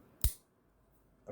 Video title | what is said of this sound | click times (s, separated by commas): Rocktol 12ish in 1 Multi-tool **Update from manufacturer in description** | pretty solid click | 0.2 s